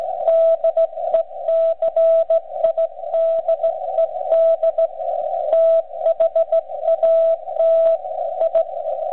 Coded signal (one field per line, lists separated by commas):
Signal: Morse code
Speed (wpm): 15 wpm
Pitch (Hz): 660 Hz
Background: radio noise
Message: DECIDED THAT I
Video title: OLD TIMERS' CW PRACTICE - BUGS AND STRAIGHT KEYS